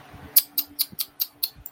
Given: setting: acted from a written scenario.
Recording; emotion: vocal sound without words; disappointment